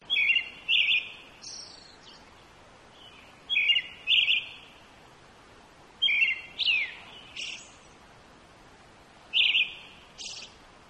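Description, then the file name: Brown-headed thrush song, short phrases of two or three clear fluty notes, each ending in a thin high note, given every few seconds. "akahara"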